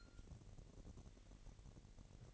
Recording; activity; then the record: daily activity, microphone in the room; take from stove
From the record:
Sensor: 4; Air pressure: 1012.8 hPa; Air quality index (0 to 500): 240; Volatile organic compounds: 4 ppm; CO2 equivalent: 1593 ppm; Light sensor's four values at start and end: 25/59/24/24 and 24/58/23/23